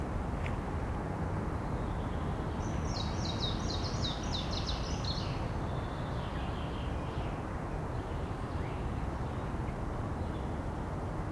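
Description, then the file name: Eurasian blackcap singing a short rapid phrase of repeated high, bright notes, trailing into fainter twitters, against a strong low background rumble. "Sylvia atricapilla"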